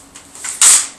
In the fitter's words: hold it up until you hear it snap and you are good to go